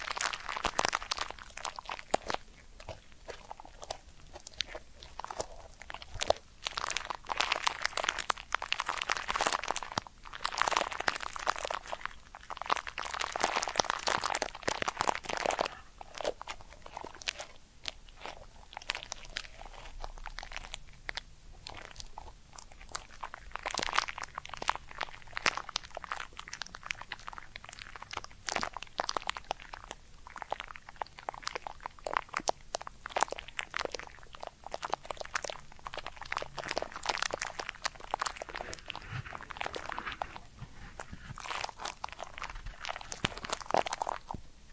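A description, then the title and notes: Ear cleaning sounds: dense, crunchy scratching and rubbing that runs nearly without pause for the whole clip. Bright, crackly bursts swell and fade every few seconds, strongest around 10–15 and 24–27 seconds, with brief quieter gaps between strokes. Ear Cleaning Triggers.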